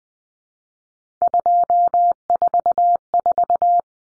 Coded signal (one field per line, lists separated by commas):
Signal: Morse code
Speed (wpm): 20 wpm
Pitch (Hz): 700 Hz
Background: none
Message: 244